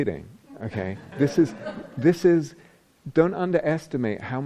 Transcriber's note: laughter